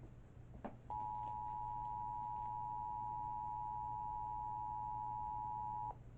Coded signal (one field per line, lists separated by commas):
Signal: Emergency Alert System (SAME) tones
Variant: 853 and 960 Hz attention tone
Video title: EAS 613: Relaying a SVA Expansion